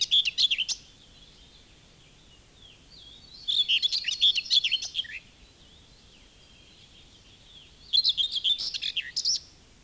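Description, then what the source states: Common whitethroat song: three short scratchy, chattering phrases, high and rapid, separated by quiet pauses of a few seconds. Fairly lively singer with a cheerful phrase, heard from bushes at the edges of fields.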